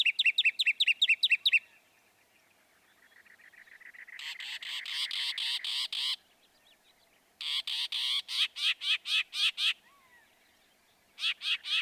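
Northern mockingbird song: a quick repeated trill, then a long rising buzz and harsh grating phrases repeated in blocks separated by short silences.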